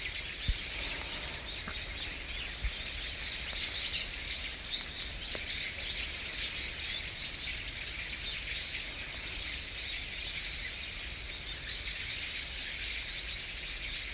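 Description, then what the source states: Birds chirping, a dense chorus of many high twittering and whistled calls overlapping throughout, with a steady background hiss. Usuki, Japan.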